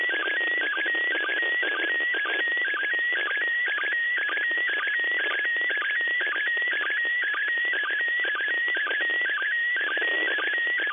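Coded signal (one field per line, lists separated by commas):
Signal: SSTV (slow-scan television)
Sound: continuous warbling tone shifting pitch, with short regular low chirps, over hiss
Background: radio static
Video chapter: 00:31 첫 번째 이미지 수신 / 02:38 첫 번째 이미지 수신 완료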